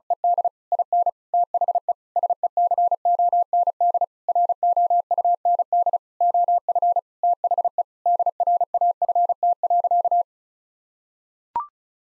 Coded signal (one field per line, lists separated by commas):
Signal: Morse code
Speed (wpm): 36 wpm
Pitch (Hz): 700 Hz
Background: none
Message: ED IN THE SECOND ROUND OF THE DRAFT.